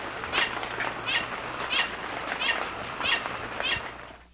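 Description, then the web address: Green hermit calling, a sharp squeaky note repeated roughly every two-thirds of a second over a steady high-pitched drone. Recorded in Ecuador. "Birds of Ecuador Green Hermit"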